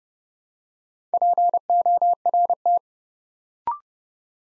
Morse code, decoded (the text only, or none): PORT